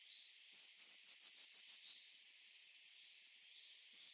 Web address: Schulze Peter Eurasian Blue Tit song